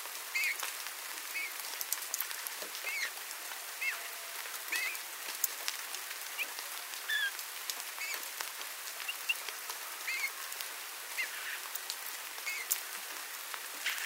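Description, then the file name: Eurasian bullfinch calls: faint, soft whistles recurring throughout, partly drowned by a constant hiss and pattering like rain. "Pyrrhula pyrrhula"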